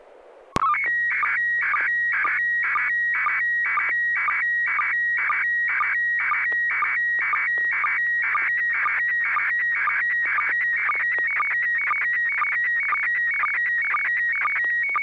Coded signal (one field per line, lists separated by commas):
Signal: SSTV (slow-scan television)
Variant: PD 120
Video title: N6NA SSTV Net - 07/21/2021